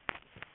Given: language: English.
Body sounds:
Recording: throat vibration sensor signal played as sound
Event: swallow

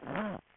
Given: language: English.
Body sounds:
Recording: throat vibration sensor signal played as sound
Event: throat clearing

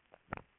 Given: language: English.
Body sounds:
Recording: throat vibration sensor signal played as sound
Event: swallow

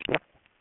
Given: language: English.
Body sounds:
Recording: throat vibration sensor signal played as sound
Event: swallow

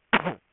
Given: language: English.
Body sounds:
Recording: throat vibration sensor signal played as sound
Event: cough

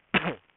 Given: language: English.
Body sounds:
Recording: throat vibration sensor signal played as sound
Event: cough

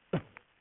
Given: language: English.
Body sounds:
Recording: throat vibration sensor signal played as sound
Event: cough

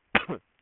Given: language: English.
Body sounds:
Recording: throat vibration sensor signal played as sound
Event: cough

